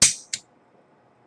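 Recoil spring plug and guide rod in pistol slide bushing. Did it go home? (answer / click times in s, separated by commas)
yes / 0.0 s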